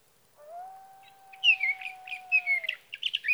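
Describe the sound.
Sage thrasher song: short bright slurred warbling notes begin about a second into a steady low tone that continues beneath them.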